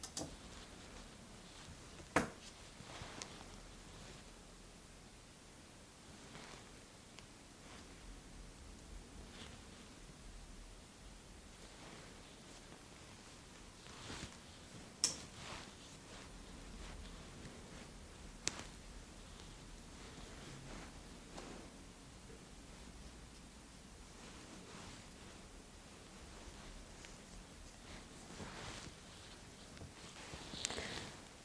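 Quiet fabric rustling and soft brushing sounds move over a steady low hiss. Sharp little snips of scissors cut through now and then, most clearly near 2, 15 and 18 seconds, with gentler rubbing swells in between.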